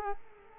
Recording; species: mosquito wingbeat signal from an infrared sensor; Culex quinquefasciatus